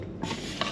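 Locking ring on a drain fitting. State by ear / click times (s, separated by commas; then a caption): seated / 0.6 s. A plumbing fitting is pushed down over a drain until the locking ring on the fitting, its second ring, drops into place, with a soft scrape and rub of parts and a duller bump at about 0.2 s. A short, sharp click at 0.6 s marks the ring locking into place, and it is confirmed seated.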